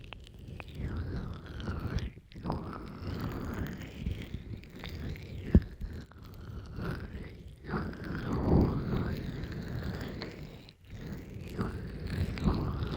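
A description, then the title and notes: Ear massage with continuous rubbing and stroking, a dense, scratchy friction sound that swells and fades in slow waves. Brief dropouts near 2, 11 seconds break the texture, and a sharp tap lands around 5.5 seconds, with smaller clicks scattered throughout. ASMR Scrub Ear Massage & Moisturizing Care Rubbing, Stroking, Cleansing, Tapping (No Talking).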